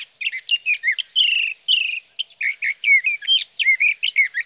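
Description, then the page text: Sage thrasher song, a long run of rapid warbled phrases, buzzy notes and slurred whistles, tumbling without pause over a quiet background. Male singing through the night near his night roost, evenings of June 12 to mornings of June 15, 2018, Sierra Valley, California; captured on a Swift recorder. "Birdsong for the Curious Naturalist: Explore #7. 61. Sage thrasher songs, through the night. from the evening of June 12 to the morning of June 15, 2018, in Sierra Valley, California"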